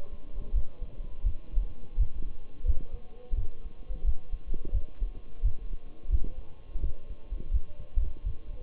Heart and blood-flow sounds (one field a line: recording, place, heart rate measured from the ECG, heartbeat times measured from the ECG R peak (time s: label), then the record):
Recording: heart sounds by stethoscope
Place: between the tricuspid and mitral areas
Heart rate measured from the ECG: 86 bpm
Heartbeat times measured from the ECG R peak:
0.55 s: heartbeat
1.25 s: heartbeat
1.99 s: heartbeat
2.67 s: heartbeat
3.37 s: heartbeat
4.06 s: heartbeat
4.74 s: heartbeat
5.44 s: heartbeat
6.11 s: heartbeat
6.82 s: heartbeat
7.53 s: heartbeat
8.26 s: heartbeat
From the record:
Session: Bruce protocol treadmill stress test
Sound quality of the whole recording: partially saturated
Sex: male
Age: 23 years